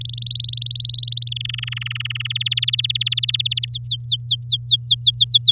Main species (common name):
Domestic Canary